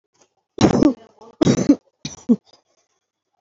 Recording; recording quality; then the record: heavy voluntary cough; excellent, no background noise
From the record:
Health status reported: healthy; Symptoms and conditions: fever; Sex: female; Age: 22 years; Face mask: worn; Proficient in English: yes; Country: India